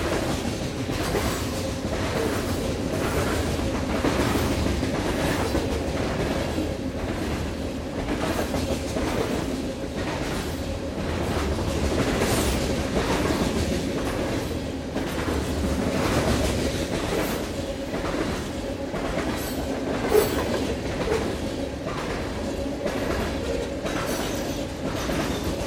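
A long freight train rolls past, a dense, steady rumble with a low drone and a faint tone running throughout. Regular clicks and clacks of wheels over rail joints repeat every second or so, with a sharper metallic knock near twenty seconds.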